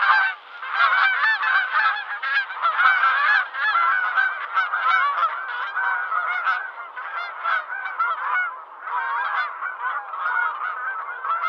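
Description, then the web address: Goose honks pour out nonstop from many birds at once, harsh, nasal and overlapping, the clamour swelling and easing in short waves. "Tom's Jerry Apps Winter. geese"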